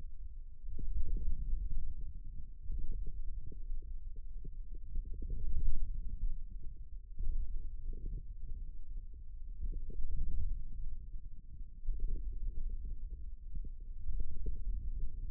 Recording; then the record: forearm muscle sounds (acoustic myography)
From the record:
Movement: wrist extension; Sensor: system 2, bracelet of six BSWA MPA416 microphones around the upper forearm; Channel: 4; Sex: male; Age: 22 years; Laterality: right